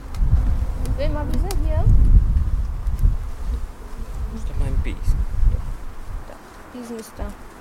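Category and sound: insect, bees buzzing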